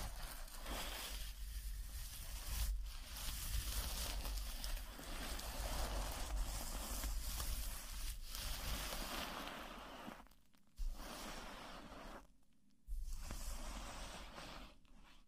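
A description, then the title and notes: Plastic wrap over a microphone gives a steady, dense crinkling rustle with a low rumble underneath and brief sharper crackles now and then. Around ten and twelve seconds the rustling drops to near silence before resuming. PLASTIC WRAP ON THE MIC (EXTRA TINGLY).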